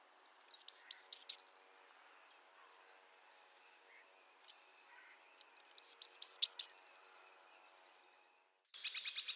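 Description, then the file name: Eurasian blue tit singing a high phrase of a few thin descending whistles followed by a fast run of short trilled notes, given twice, with a buzzy burst at the end. "Mesange bleue"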